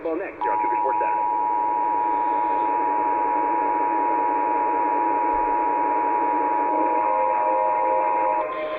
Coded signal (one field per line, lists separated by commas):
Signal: Emergency Alert System (SAME) tones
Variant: 853 and 960 Hz attention tone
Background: speech